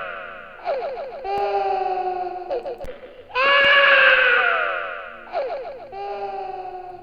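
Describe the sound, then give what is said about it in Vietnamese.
A child wails pitifully in long, high, quavering cries, broken into several sobbing bursts, with the loudest and most anguished wail in the middle before the crying trails on. “Còn vương lại tiếng trẻ con khóc đến thảm thiết.”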